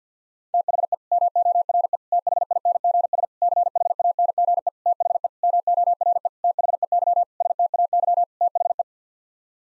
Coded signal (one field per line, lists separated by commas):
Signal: Morse code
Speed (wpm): 50 wpm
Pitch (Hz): 700 Hz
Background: none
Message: THE MORE THINGS CHANGE THE MORE THEY STAY THE